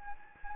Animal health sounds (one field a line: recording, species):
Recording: mosquito wingbeat signal from an infrared sensor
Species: Anopheles gambiae